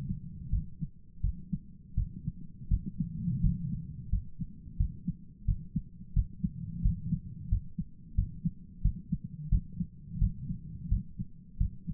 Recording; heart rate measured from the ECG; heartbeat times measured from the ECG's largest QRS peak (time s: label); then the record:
heart sounds by stethoscope; 87 bpm
0.50 s: heartbeat
1.21 s: heartbeat
1.95 s: heartbeat
2.68 s: heartbeat
3.41 s: heartbeat
4.10 s: heartbeat
4.77 s: heartbeat
5.45 s: heartbeat
6.13 s: heartbeat
6.82 s: heartbeat
7.49 s: heartbeat
8.15 s: heartbeat
8.82 s: heartbeat
9.49 s: heartbeat
10.18 s: heartbeat
10.88 s: heartbeat
11.57 s: heartbeat
From the record:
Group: healthy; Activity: rest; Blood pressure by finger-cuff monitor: 172/85 mmHg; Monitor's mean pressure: 105 mmHg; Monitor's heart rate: 87 bpm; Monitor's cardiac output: 9.2 L/min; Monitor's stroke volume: 106 mL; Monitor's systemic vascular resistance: 860 dyn s/cm5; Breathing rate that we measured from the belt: 18 breaths a minute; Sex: male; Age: 57 years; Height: 188 cm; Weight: 106 kg